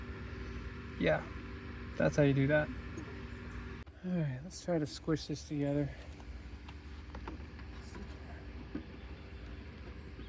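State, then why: Not seated. An AC hose spring-lock coupling is handled by hand next to the compressor line fitting on a 1997 Ford E-150 Econoline 5.4L 2V van, with the halves about to be pushed together. Someone talks over a low steady background hum, and a few faint small taps sound around 6.7 s and 7.2–7.3 s. Nothing has seated or clicked yet.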